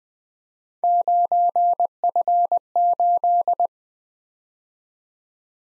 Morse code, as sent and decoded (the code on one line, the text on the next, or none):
----. ..-. ---..
9F8